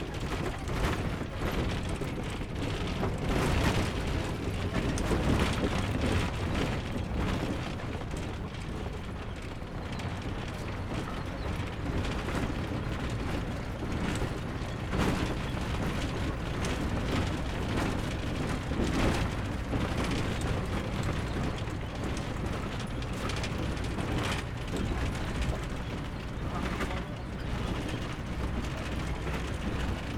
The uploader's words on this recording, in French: Quelques minutes de trajet dans un bus local brinquebalant aux abords de Pokhara. La route est totalement défoncée, de sorte que le bus et les véhicules doivent rouler au pas pour passer les énormes crevasses dans d'énormes nuages de poussière (des parties de route sont non bitumées).